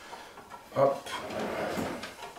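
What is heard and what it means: A plastic insert piece is handled and fitted toward the inside of a statue's dome, with a brief louder handling sound around 0.8 seconds and someone talking. The clip ends before the piece goes home, and nothing has seated or clicked yet.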